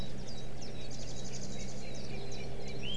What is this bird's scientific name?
Cyanistes caeruleus